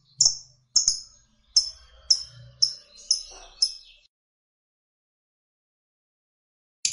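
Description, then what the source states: Lovebird: high, sharp bird chirps repeated about twice a second for four seconds, then silence and one last chirp at the end. Fighter-type lovebird singing energetically (gacor).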